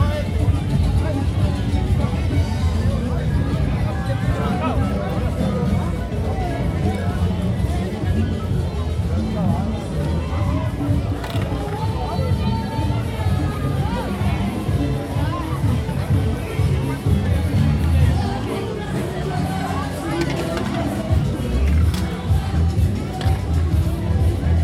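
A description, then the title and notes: Walking through a crowded street festival, many voices talk over one another in a dense, steady babble that never lets up. Deep low rumble runs underneath throughout, and scattered brighter calls and exclamations poke out now and then, especially around the middle. Calle Ocho 2014 - Sounds from the Street. This is a soundscape recorded from walking through these street festivals.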